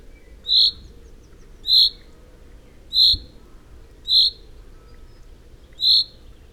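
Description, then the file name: Common chaffinch calling, a sharp, bright single 'pink' note repeated five times at slightly uneven intervals, over a quiet low background hum. "Fringilla coelebs"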